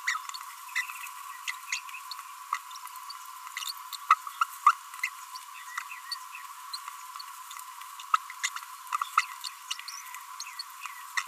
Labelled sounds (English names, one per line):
Green-rumped Parrotlet babbling